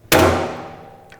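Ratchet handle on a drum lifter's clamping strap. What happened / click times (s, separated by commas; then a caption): The ratchet tripped and let the strap go slack / 0.1 s. With the ratchet lever held out, the loose handle of the ratchet on a drum lifter's rim clamping strap is pulled all the way around until the ratchet clicks at 0.1 s. The click is a loud thunk-like hit that rings down over the next second, followed by a faint tap at 1.1 s. The ratchet releases the strap so it goes loose.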